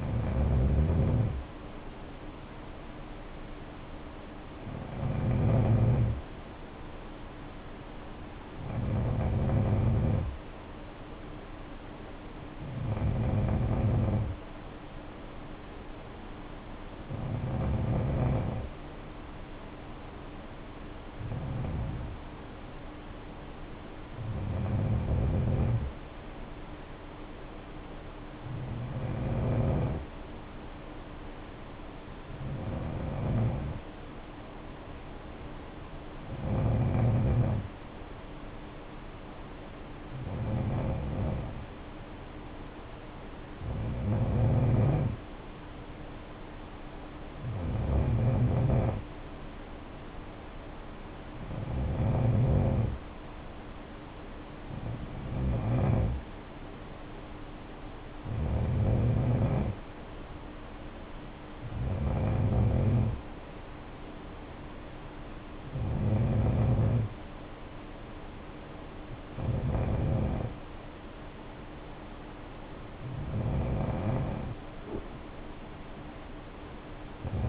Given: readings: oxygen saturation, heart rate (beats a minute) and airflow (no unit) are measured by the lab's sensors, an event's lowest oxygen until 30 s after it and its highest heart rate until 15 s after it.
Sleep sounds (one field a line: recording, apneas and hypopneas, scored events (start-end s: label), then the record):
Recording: breathing in sleep by a voice recorder at the bedside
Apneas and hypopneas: none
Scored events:
none scored
From the record:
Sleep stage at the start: N2 (light sleep)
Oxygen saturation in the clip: 91 to 93%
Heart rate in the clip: 55 to 60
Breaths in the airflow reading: 20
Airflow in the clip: -6.6 to 4.3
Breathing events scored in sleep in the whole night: 520 in 7.2 hours asleep